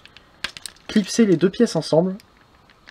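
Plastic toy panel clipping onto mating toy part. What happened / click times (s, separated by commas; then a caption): Two plastic parts snapped together / 0.4 s. With fingers placed underneath, two plastic pieces of a Transformers Titans Return Leader Sixshot transforming toy are clipped together, since they must be clipped or the part will not hold. A sharp plastic click lands at 0.5 s amid a few lighter taps, then someone talks, and faint ticks follow near the end. The pieces snap into place and seat.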